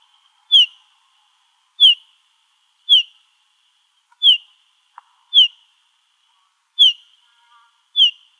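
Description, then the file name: Olive warbler calls: clear whistled notes that slur sharply downward, given singly, seven in all, with a faint click midway. Calls, recorded in Arizona. "OLWA CALLS 2 deviche"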